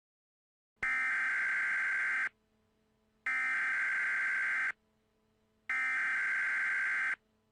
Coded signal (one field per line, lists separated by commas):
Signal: Emergency Alert System (SAME) tones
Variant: header bursts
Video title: EAS Scenario #4 Flying Butts